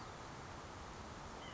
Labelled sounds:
White-breasted Nuthatch
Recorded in Sonoma County, California

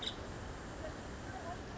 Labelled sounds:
Nuttall's Woodpecker
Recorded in Sonoma County, California

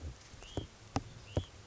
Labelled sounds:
Hutton's Vireo
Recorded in Sonoma County, California

